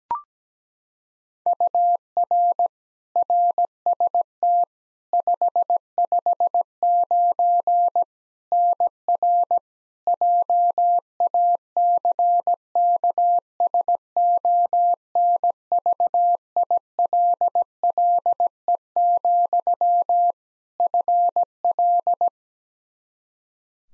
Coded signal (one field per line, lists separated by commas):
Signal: Morse code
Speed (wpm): 17 wpm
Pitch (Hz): 700 Hz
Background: none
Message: UR RST 559 NR JACKSONVILLE, FL